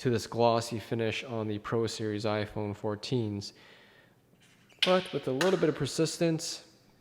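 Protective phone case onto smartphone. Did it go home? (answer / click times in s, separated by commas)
no / none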